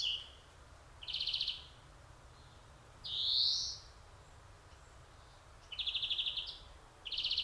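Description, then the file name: European greenfinch alternating short rattling trills with a rising buzzy wheeze, the trills returning twice near the end. "Chloris chloris"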